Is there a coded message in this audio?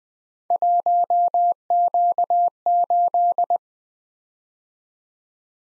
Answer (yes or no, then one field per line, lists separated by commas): yes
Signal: Morse code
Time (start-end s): 0.5-3.6 s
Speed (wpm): 20 wpm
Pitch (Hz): 700 Hz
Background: none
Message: 1Q8